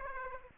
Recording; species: mosquito wingbeat signal from an infrared sensor; Aedes aegypti